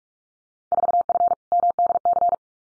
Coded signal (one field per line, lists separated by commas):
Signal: Morse code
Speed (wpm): 44 wpm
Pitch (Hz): 700 Hz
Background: none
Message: 4F MDC